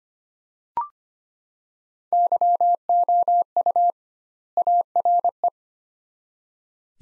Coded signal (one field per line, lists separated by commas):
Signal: Morse code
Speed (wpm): 25 wpm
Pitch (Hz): 700 Hz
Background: none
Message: YOU ARE